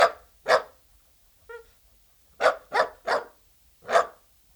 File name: Het blaffen van een teckel - Sound Cloud - Beeld en Geluid